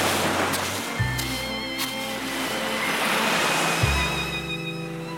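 Steady rushing surf of waves washing onto a shore, a continuous broad hiss with gentle swells, while low sustained tones hum underneath. No voices.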